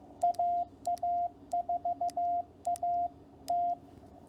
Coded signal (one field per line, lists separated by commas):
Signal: Morse code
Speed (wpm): 15 wpm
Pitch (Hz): 700 Hz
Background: radio noise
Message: AA4AT